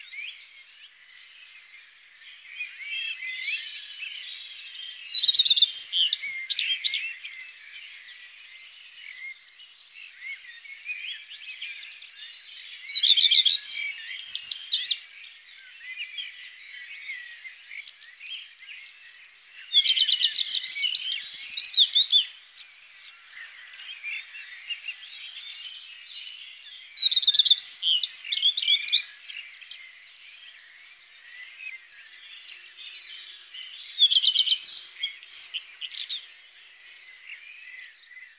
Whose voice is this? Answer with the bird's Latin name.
Phoenicurus phoenicurus